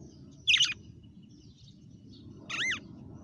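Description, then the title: Red-cowled cardinal giving two short, sharp, bright notes about two seconds apart, the second a quick up-and-down twisting note, over a low steady hum. Female bird singing. "Canto Galo Campina Fêmea"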